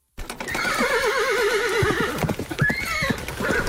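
A horse gives a loud, wavering whinny that trembles up and down in pitch, followed by a second shorter neigh and snorting, with no voices present.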